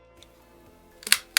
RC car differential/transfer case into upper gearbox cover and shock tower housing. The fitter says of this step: we went it snapped right in just like that so sometimes that's necessary you